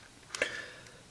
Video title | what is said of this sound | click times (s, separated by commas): DX Cyclone Dial Fighter & DX Trigger Machine Biker Double-Review (Lupinranger VS Patranger) | Though you want to make sure that they're clicking into place, so that they have enough room to actually | 0.3 s, 0.4 s